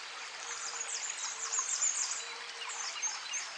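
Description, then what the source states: Bird chorus of thin, high chirps and twitters crowding together over a constant background hiss. Birds recorded by a creek in a forest setting.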